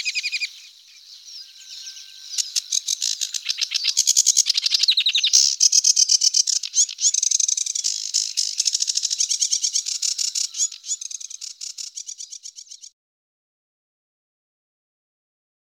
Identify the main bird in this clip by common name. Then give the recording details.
Sedge Warbler. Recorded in the wild. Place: Nagyivan / Hortobagy Nationalpark, HU. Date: 1990-05-23. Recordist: Schwarz, Dieter